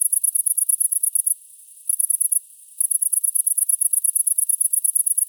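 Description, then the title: Great green bush-cricket giving a shrill, rapid pulsed buzz, interrupted by two short pauses before resuming steadily. Recorded at Apt, Vaucluse, France, in June 2010. "Sylvain Jaskowiak - Animus. Grande sauterelle verte - Apt , Vaucluse - juin 2010"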